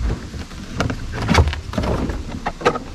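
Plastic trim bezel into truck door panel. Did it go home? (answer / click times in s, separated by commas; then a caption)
yes / 0.8 s, 1.5 s. A plastic trim bezel on the door panel of a 2003 GMC Sierra 2500HD is pressed back onto the door during reassembly after a tow-mirror swap. Sharp, short plastic clicks ring out at 0.8 s and 1.5 s among light handling noise, with another click near 2.5 s. The bezel snaps fully into place.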